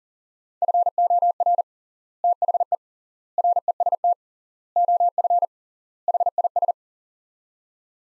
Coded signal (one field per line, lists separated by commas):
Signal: Morse code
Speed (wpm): 40 wpm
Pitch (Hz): 700 Hz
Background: none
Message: FOR THE REST OF HIS